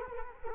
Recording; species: mosquito wingbeat signal from an infrared sensor; Culex quinquefasciatus